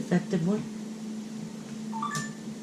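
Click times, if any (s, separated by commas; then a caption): 2.0 s. Someone talks over a steady low hum while fitting a part, a lid or fitting, onto a gardening product being assembled after some trouble that raised doubt it might be defective. One light click at 2.0 s marks the part seating into place.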